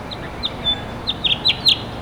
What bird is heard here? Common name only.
House Finch